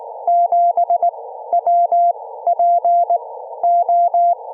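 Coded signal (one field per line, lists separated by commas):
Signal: Morse code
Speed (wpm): 14 wpm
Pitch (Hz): 700 Hz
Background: none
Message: 7WPO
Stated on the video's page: 14 WPM CW from a Parks on the Air activation at Monterey State Beach, IC-705 at 10 W, homebrew EFHW inverted vee.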